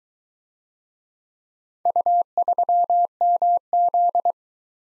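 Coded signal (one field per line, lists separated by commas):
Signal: Morse code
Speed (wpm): 22 wpm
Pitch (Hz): 700 Hz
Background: none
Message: U3MZ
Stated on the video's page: Morse practice of four-character letter-number groups in Speed-Racing format: starts fast and slows to a 15 wpm base, with the top speed 1.5 times the base.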